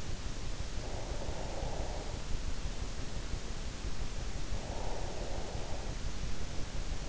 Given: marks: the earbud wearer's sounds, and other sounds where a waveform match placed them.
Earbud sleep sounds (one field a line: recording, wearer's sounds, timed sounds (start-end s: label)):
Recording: sounds in sleep by an in-ear microphone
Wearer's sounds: breath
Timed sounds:
0.87-2.45 s: breath
4.26-6.27 s: breath